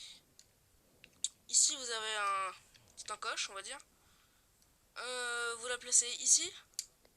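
A plastic/metal spinning-top layer is handled and placed at the notch on its rack/disc assembly while someone talks, with a few sharp handling taps between the speech. Nothing has clicked or seated yet; the clip ends just before the part is turned and clips home.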